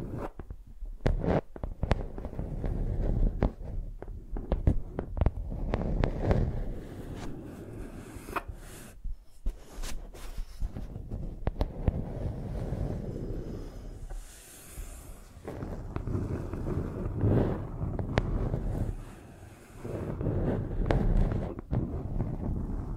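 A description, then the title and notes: A microphone is used like a pencil, rubbed and dragged across a surface, giving a dense, low, rumbling scrape with a wind-like roar. Sharp knocks and clicks break through irregularly throughout, and the scraping eases briefly around 15 and 20 seconds. Using Mics as Pencils (No Talking).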